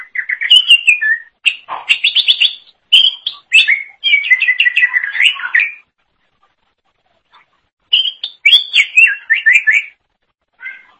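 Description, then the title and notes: Leafbird singing long, varied phrases of fast slurred whistles and trills, pausing for about two seconds before resuming with bright rising and falling notes. Cucak ijo song. "Suara Kicauan Burung Cucak Ijo"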